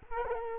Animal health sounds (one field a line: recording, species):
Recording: mosquito wingbeat signal from an infrared sensor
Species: Culex quinquefasciatus